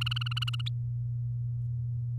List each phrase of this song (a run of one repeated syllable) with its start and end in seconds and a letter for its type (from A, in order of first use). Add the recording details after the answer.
0.01-0.61 A. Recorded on 10 May 2018 at 05:38. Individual llb16